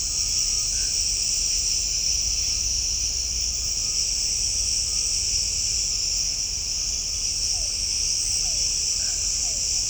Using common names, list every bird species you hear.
none